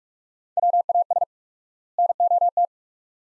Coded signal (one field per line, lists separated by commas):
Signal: Morse code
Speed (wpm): 46 wpm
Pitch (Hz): 700 Hz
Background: none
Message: WAS NOT